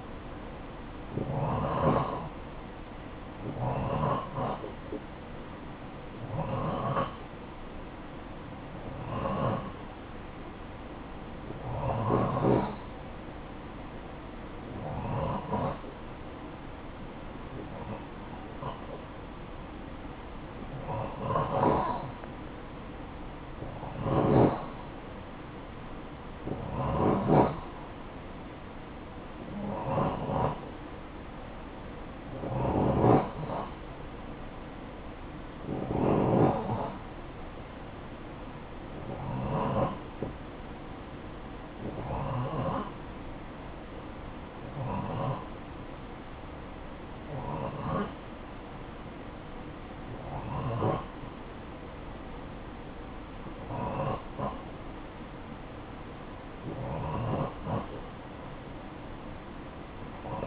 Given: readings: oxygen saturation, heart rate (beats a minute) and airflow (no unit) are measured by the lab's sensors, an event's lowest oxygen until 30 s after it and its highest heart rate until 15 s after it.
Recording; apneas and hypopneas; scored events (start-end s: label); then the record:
breathing in sleep by a voice recorder at the bedside; none
none scored
From the record:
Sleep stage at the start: N2 (light sleep); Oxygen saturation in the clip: 88 to 90%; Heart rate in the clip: 49 to 59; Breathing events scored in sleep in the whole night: 573 in 9.8 hours asleep